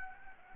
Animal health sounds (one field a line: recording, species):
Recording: mosquito wingbeat signal from an infrared sensor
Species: Anopheles gambiae